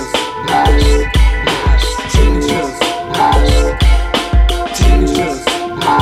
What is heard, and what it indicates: Tinnitus Mask Experience.